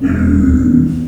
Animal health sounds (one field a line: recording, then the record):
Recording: squeal of a Yucatan mini pig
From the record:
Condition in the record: after surgery on the right vocal fold (resection and tissue-engineered implant)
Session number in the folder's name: 6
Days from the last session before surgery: 40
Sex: female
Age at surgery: 19 weeks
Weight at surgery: 25 kg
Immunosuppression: prednisolone